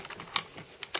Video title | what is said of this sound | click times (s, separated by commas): Gopro / Drift beater Xdreme PART 2 1080p full HD action camera review | pushes back until it clicks into place and then | 0.4 s